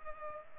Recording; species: mosquito wingbeat signal from an infrared sensor; Culex pipiens